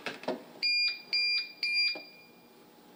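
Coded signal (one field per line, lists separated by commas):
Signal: none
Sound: boarding pass scanner beeps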